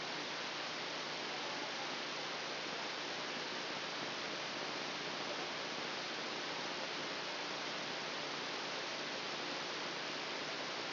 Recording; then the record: brain microelectrode recording played as sound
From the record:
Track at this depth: outside the subthalamic nucleus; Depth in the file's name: 0.115 mm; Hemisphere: left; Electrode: 2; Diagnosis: Parkinson's disease